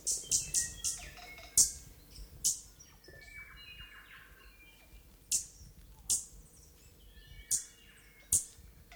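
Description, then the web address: Stitchbird calls: sharp, explosive high clicks repeated irregularly, with thin whistled notes and short slurred phrases between them. New Zealand native bird; song. "native-animals birds bird-song stitchbird-song"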